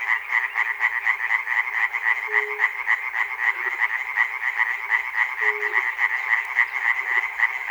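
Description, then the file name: Chorus of frogs giving fast, overlapping rattling croaks, roughly four a second, steady throughout, with two short low hums partway through. Frogs recorded at Chernobyl. "peter cusack-chernobyl frogs"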